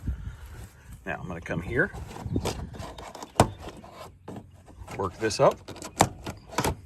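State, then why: Released. Someone talks while pulling a plastic interior trim panel off the lower dash of a 2013 Tundra truck during a remote start installation, working it loose. The panel's retaining clips pop free with sharp snaps at about 6.0 and 6.6 seconds, and the panel is released.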